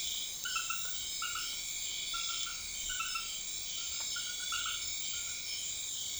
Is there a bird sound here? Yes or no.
no